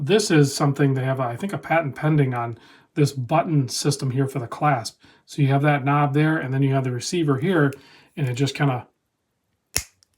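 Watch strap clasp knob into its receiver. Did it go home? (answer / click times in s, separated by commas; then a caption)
yes / 9.8 s. Someone talks, then the knob of the push-button clasp on a Monta SkyQuest 2023 Limited Edition watch bracelet is pressed into its metal receiver. It snaps shut with a single sharp, loud click at 9.8 s, and the clasp is seated.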